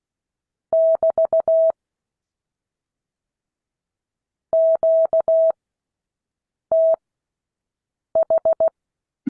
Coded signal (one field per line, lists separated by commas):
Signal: Morse code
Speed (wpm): 16 wpm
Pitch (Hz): 650 Hz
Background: none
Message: <BT> QTH